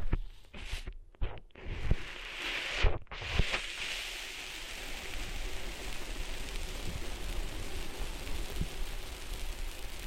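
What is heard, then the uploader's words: Sand being cleaned out of ears makes a gritty, crackling rustle like light rain. The first few seconds are uneven, with brief near-silent breaks around one and three seconds. After that the scratchy hiss settles into a steady, dense texture with a low rumble underneath. ASMR Cleaning Sand Out of Your Ears (No Talking).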